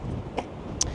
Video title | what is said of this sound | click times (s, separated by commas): Chausson 777 Etape Line Instructional Video 2025 | That will then release. | 0.8 s